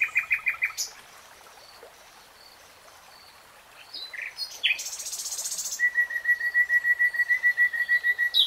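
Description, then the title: Nightingale singing a short repeated-note burst, a pause, a harsh buzzy rattle, then a long steady series of evenly spaced whistled notes. Real-time recording. "[Tiếng chim hót] Nightingale Singing"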